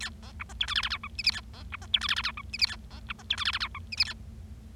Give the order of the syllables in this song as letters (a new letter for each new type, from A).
A B C D E F G G H I J K A B C D E F G G H I J K A B C D E F G G H I J K A